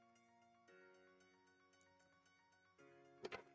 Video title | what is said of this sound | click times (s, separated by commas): Box Turtle Part 4 📦🐢More Respoolers and Extruders | And again, that very nice little positive pop into place. | 3.2 s